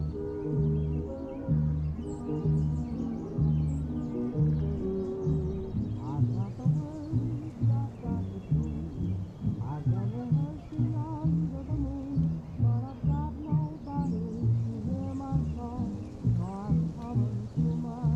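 Old pop songs play from another room, muffled and dull with the highs mostly gone. A voice-like melody rides over a steady, thumping low beat that pulses at an even tempo throughout, and the level stays fairly constant from start to finish.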